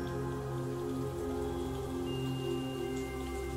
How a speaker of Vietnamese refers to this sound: Mưa bắt đầu đổ xuống, mưa dần dần nặng hạt.